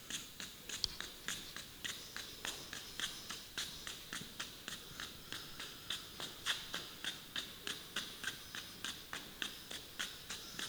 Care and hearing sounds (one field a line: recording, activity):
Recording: daily activity, guitar pickup as the sensor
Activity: run